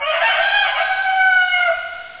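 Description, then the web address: Rooster crowing: one long, harsh, drawn-out cock-a-doodle-doo that holds steady before trailing off near the end. "Micro RD-CD-ROM-Vol 1. rooster"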